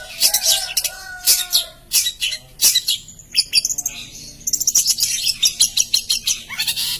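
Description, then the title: Long-tailed shrike in varied song, mixing thin whistles with scratchy, rasping chatter and fast clipped notes. "Cendet"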